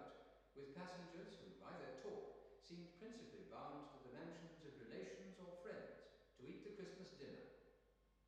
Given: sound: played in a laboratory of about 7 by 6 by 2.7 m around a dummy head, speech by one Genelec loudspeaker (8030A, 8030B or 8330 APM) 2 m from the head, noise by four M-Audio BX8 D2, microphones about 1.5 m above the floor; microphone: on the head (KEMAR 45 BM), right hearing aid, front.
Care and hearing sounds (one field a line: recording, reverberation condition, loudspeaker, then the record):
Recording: male speech in English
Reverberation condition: high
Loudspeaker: 30 degrees to the left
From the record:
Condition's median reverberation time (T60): about 1300 ms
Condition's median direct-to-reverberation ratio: about -4.0 dB